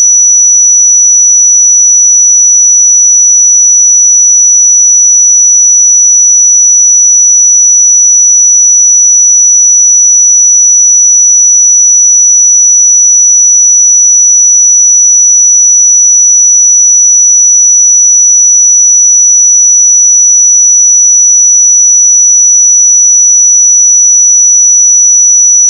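A pure sine tone at 5904 Hz holds perfectly steady for the full twenty-six seconds, high and piercing. Its pitch and loudness never change, and there is nothing else in the background, only the single unbroken whistle.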